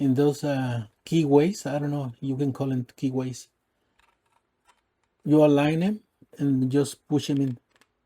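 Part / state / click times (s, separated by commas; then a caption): hot-swap switch socket into a plastic push-button housing / not seated / none. A hot-swap switch socket is aligned by its three notches with the keyways of a 3D-printed plastic push-button housing and is about to be pushed in while someone talks. A few faint ticks come from the handling, and nothing has seated or clicked yet.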